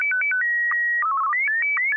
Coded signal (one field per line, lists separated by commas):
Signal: SSTV (slow-scan television)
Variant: Martin 1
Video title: N6NA SSTV Net - 11/11/2020